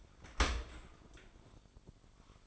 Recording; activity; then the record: daily activity, microphone in the room; open dishwasher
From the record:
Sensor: 5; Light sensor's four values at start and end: 66/160/67/74 and 65/158/66/73